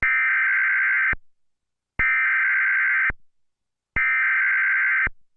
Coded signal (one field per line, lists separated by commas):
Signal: Emergency Alert System (SAME) tones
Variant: header bursts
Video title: Eas Alarm #2